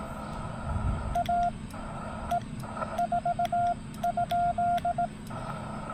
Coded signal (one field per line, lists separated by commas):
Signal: Morse code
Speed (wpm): 18 wpm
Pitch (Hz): 700 Hz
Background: none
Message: A E 4?